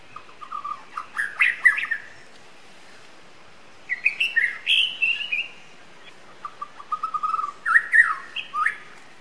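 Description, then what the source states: White-rumped shama singing varied phrases, steady low whistles leading into quick warbled flourishes, three bursts separated by short pauses. Song of a wild bird in forest.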